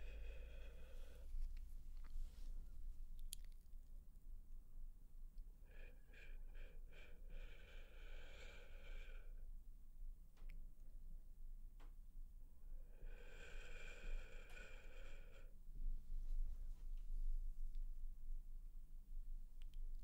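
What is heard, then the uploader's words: Assorted mouth sounds: sharp wet clicks and tongue taps scattered every second or two, with three longer buzzing, throaty passages near the start, around 6 to 9 seconds, and 13 to 15 seconds. A low steady rumble sits underneath. Assorted Mouth Sounds ~ (Sk, Tk, Shh, Kissing etc).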